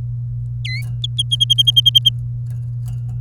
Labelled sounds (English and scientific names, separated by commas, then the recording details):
Domestic Canary (Serinus canaria) song
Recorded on 24 April 2018 at 10:35
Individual llb3